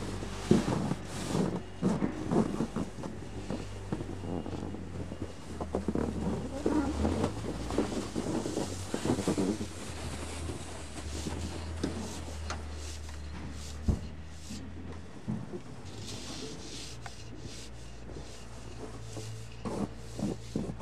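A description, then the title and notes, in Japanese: Snow being cleared, with irregular scraping thuds over a steady low engine-like hum, busiest in the first ten seconds, then quieter. 湯治場ラジオ 雪下ろしASMR。村井六助さんでの雪下ろしの音を配信します。会話はありません。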